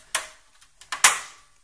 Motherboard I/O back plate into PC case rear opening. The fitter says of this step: you'll just have to um push it in it'll make a nice little click and here we go motherboard is thin